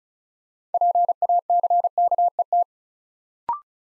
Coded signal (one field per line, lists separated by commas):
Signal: Morse code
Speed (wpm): 35 wpm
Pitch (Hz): 700 Hz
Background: none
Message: PACKET